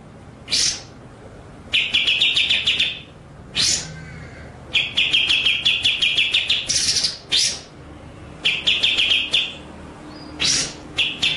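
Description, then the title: White-rumped shama song: rapid strings of ringing notes alternate with single loud, harsh upslurred bursts throughout. Masteran (training) song in the full ngerol nembak style. "Masteran Murai Batu Full Ngerol Nembak"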